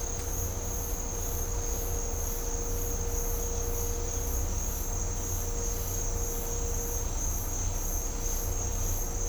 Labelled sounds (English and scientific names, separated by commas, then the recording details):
none
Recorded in dense forest near Puerto Asís, Putumayo, Colombia, on 18 December 2024 at 08:30
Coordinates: 0.503, -76.323
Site G043